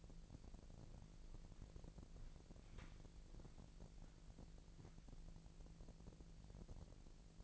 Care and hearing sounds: daily activity, microphone in the room; walk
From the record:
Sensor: 5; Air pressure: 1002.2 hPa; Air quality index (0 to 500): 241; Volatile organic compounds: 27 ppm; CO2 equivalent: 2889 ppm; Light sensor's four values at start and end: 31/74/31/34 and 31/74/31/34

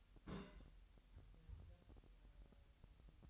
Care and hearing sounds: daily activity, microphone in the room; place on stove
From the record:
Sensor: 3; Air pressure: 1001.9 hPa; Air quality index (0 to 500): 246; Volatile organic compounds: 48 ppm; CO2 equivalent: 3270 ppm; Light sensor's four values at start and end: 6/15/6/6 and 6/15/6/6

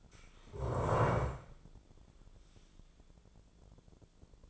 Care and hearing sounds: daily activity, microphone in the room; stand up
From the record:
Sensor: 5

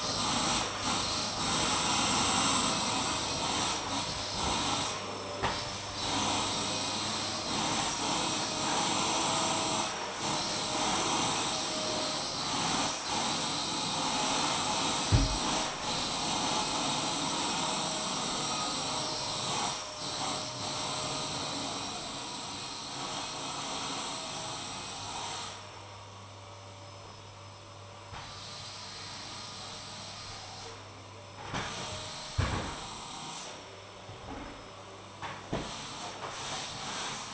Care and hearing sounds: daily activity, microphone in the room; vacuum cleaning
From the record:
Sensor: 1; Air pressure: 999.3 hPa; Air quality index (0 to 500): 206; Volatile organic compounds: 48 ppm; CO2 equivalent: 3262 ppm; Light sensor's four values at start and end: 9/22/8/9 and 9/22/8/9

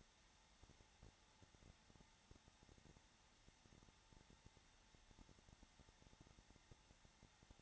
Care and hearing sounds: daily activity, microphone in the room; no activity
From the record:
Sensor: 3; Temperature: 21.3 degrees Celsius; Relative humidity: 33.3%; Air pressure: 994.5 hPa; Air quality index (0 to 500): 167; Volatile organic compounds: 3 ppm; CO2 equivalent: 1453 ppm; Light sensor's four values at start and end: 2/3/2/2 and 2/3/2/2

